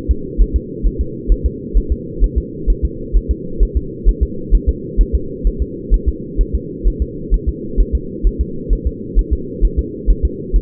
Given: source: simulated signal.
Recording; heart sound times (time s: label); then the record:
fetal heart sounds
0.11 s: S2
0.42 s: S1
0.56 s: S2
0.87 s: S1
1.01 s: S2
1.32 s: S1
1.46 s: S2
1.78 s: S1
1.92 s: S2
2.24 s: S1
2.38 s: S2
2.70 s: S1
2.85 s: S2
3.16 s: S1
3.31 s: S2
3.63 s: S1
3.77 s: S2
4.09 s: S1
4.23 s: S2
4.55 s: S1
4.69 s: S2
5.01 s: S1
5.15 s: S2
5.47 s: S1
5.62 s: S2
5.94 s: S1
6.08 s: S2
6.41 s: S1
6.55 s: S2
6.88 s: S1
7.02 s: S2
7.34 s: S1
7.49 s: S2
7.81 s: S1
7.95 s: S2
8.27 s: S1
8.41 s: S2
8.73 s: S1
8.87 s: S2
9.19 s: S1
9.33 s: S2
9.65 s: S1
9.79 s: S2
10.11 s: S1
10.25 s: S2
10.56 s: S1
From the record:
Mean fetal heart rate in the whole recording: 130 bpm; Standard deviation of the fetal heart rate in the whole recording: 2 bpm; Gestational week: 36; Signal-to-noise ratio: -4.3 dB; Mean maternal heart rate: 72 bpm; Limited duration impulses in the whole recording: absent